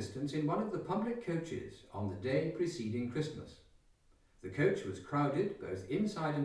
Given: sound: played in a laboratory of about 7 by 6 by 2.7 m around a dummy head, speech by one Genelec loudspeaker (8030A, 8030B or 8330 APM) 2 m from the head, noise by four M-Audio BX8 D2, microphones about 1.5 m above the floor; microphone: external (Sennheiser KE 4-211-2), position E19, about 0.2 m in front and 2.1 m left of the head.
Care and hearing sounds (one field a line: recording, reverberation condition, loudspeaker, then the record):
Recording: male speech in English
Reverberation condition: medium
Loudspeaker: 120 degrees to the right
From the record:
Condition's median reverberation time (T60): about 510 ms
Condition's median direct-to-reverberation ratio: about -0.5 dB